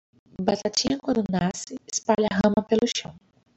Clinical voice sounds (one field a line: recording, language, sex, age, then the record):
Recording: short text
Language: Brazilian Portuguese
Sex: female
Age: 30 to 39 years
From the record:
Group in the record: control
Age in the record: 33 years